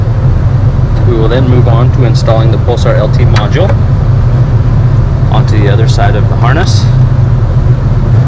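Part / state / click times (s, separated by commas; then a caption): electronic module plug into a wiring harness connector / not seated / none. A plastic Pulsar LT electronic module for a 2019–2021 GM 5.3L or 6.2L is about to be plugged onto the other side of its wiring harness connector, where it should click in. Someone talks over a steady low rumble throughout. Nothing has seated or clicked yet.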